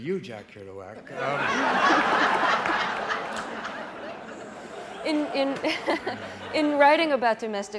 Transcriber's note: soundbite of laughter